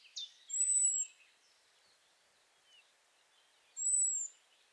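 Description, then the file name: European robin produces two high, thin, level whistles about three seconds apart, with a short sharp note and soft chatter early on. "Erithacus rubecula"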